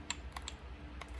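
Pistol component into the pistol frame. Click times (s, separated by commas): 0.1 s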